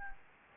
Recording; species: mosquito wingbeat signal from an infrared sensor; Anopheles gambiae